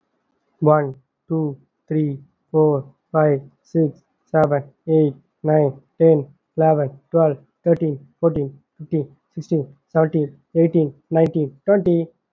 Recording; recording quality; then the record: counting at a normal pace; excellent, no background noise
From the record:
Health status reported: healthy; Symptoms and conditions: cough, cold, fever, muscle pain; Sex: male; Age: 34 years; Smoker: no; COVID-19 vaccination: both doses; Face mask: not worn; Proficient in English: yes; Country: India